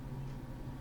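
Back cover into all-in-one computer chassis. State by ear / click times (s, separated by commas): not seated / none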